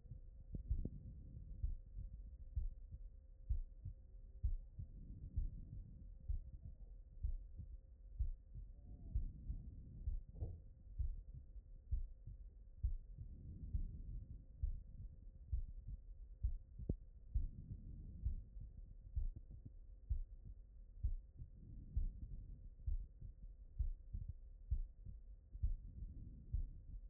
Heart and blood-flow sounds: heart sounds by stethoscope; pulmonary valve (PV)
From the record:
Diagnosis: non-HFrEF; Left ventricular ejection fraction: 56%

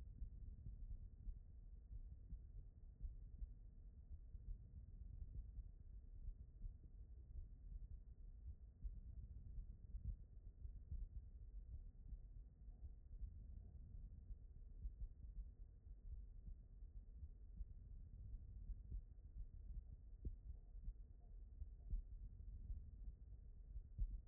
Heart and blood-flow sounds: heart sounds by stethoscope; aortic valve (AV)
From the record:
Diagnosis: non-HFrEF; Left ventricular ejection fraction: 75%

